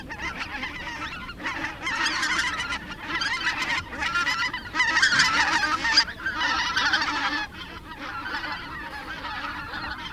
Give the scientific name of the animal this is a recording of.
Anser albifrons